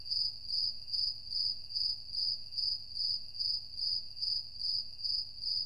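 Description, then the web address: Cricket chirping: high, pure pulsed chirps repeated steadily, with a low rumble underneath. "Ambient Crickets"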